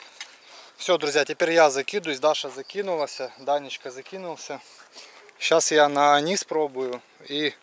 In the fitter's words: все зафиксировался закрываю все